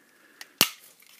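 A plastic leg section is lined up by its circle section and pushed into the leg of a Transformazing Toys PB02 Mekbuda Pandora's Box 02 Optimus Prime robot toy. A faint tick at 0.4 s is followed by a loud, sharp snap at 0.6 s as the part clicks home and is seated.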